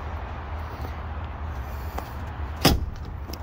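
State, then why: Seated. The hinged rear cargo storage lid in the cargo area of a 2021 Ford Bronco Big Bend is lowered back down and latches shut. A low rumble and a few soft knocks lead up to a sharp, short click at 3.3 s as it locks into place.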